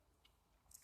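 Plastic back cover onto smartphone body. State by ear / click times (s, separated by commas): not seated / none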